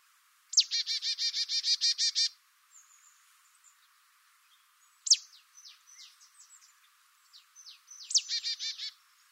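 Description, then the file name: Marsh tit calls: a sharp note opens a fast, harsh, buzzy run of about ten notes, then thin downslurred chips follow before another buzzy run closes. "Poecile palustris"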